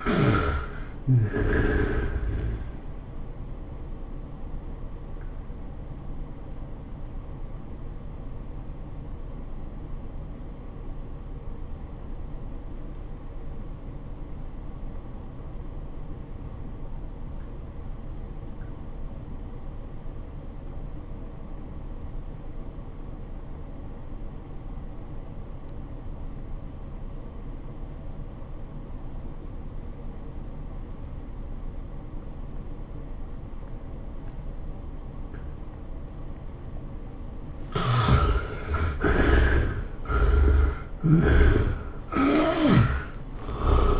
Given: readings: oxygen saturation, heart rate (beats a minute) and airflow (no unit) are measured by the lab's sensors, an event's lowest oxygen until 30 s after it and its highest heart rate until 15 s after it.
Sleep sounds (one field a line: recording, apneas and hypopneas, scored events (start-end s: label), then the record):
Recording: breathing in sleep by a smartphone at the bedside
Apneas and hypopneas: 1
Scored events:
8.00-38.20 s: obstructive apnea (REM, oxygen 90% highest, then 60% lowest, heart rate 92 at the start, 113 highest)
From the record:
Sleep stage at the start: REM sleep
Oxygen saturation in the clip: 56 to 90%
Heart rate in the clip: 68 to 114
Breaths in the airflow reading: 4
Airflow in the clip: -17.3 to 15.9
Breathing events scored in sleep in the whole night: 403 in 5.5 hours asleep